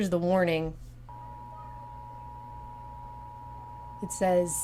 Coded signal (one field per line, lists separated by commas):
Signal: Emergency Alert System (SAME) tones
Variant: 853 and 960 Hz attention tone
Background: speech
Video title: Who Has Been Hacking the Emergency Alert System?